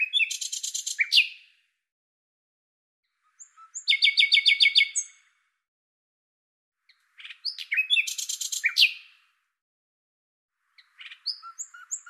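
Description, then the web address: Common nightingale delivering four separate bursts of song, mostly fast rattles of repeated notes, with short silent gaps between phrases. "Deverinetal 2025"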